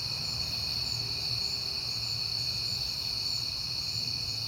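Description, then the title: Crickets trilling together in a constant high-pitched wall of sound, with faint low-frequency rumble beneath. Crickets at night in September, on a peaceful night. "Night Time: Crickets and Passing Cars"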